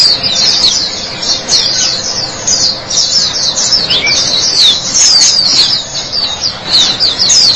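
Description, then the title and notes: White-eye song: a dense, continuous stream of very high, rapid twittering notes with quick up-and-down sweeps, barely pausing throughout. White-eye chirping song. "Kicauan Burung Pleci Durasi Panjang. Suara kicauan burung pleci"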